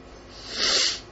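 A single brief, hissy burst of air lasting about half a second, rising quickly and then fading, heard from across a quiet room. It is one ordinary sneeze from an adult, with faint room noise behind it.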